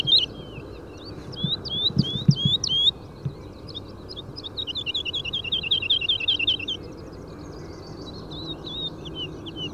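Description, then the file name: Woodlark song: a few separate rising notes, then a fast rippling series of repeated notes; occasional low thuds underneath. Nominate subspecies Lullula arborea arborea. "Boomleeuwerik Lullula arborea arborea"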